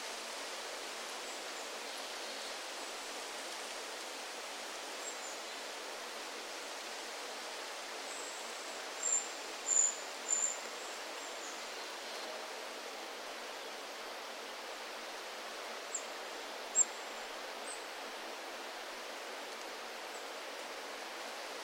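Wind sweeps through the forest trees in an even, unbroken rush with no deep rumble beneath it. A few brief, high chirps cut through near the ten-second mark, and again around sixteen to seventeen seconds.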